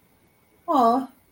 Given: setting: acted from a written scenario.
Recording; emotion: vocal sound without words; positive surprise